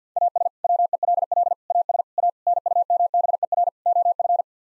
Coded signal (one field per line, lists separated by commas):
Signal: Morse code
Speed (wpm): 50 wpm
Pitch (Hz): 700 Hz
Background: none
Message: AS WELL AS A NUMBER OF